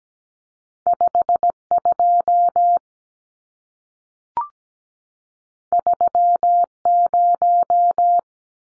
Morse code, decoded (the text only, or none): 52 30